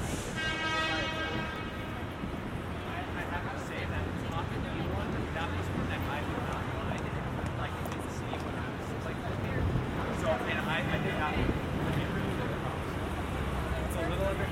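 A binaural walk from Grand Central to Times Square, with a steady low rumble of traffic and the overlapping chatter of passing voices. A brief ringing tone sounds at the very start, and the dense street noise grows slightly louder after ten seconds.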